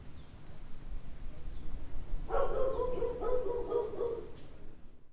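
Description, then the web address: Dog giving one drawn-out, wavering tonal cry lasting about two seconds, over steady low background noise. "som de ladrar de cao"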